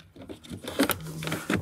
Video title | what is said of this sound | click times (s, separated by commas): Alpine PSS-22WRA Installation Tutorial for 2011-2018 Jeep Wrangler JK Sound System | and then it just snaps back into place. | 0.9 s